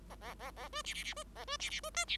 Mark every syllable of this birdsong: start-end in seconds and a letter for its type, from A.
0.09-0.15 A, 0.21-0.34 A, 0.39-0.51 A, 0.56-0.69 A, 0.72-0.82 B, 0.84-0.94 C, 0.94-1.03 C, 1.04-1.14 C, 1.16-1.24 B, 1.35-1.45 A, 1.47-1.57 B, 1.59-1.70 C, 1.70-1.80 C, 1.83-1.90 B, 1.94-2.05 D, 2.08-2.17 C